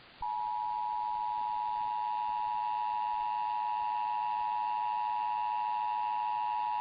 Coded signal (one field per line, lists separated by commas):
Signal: Emergency Alert System (SAME) tones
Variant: 853 and 960 Hz attention tone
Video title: THAT MOMENT WHEN YOU RUN OUT OF TITLE IDEAS... EAS Alerts from 3/5/25 (EAS #5,579 - 5,608)